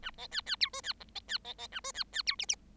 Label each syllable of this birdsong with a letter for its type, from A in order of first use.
A B C C D E C F B C B B A E C C D G G